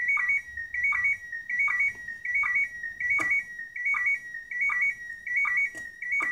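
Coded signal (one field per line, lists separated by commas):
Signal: SSTV (slow-scan television)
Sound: steady warbling tones near 2 kHz, stepping in a repeating rhythm with short low clicks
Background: radio static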